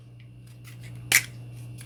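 The magazine release just behind the trigger of a Glock 43 pistol is pressed, ejecting the magazine from the pistol grip. A sharp metallic click sounds at 1.2 s over a steady low hum, with a few faint ticks before and after. The magazine is released.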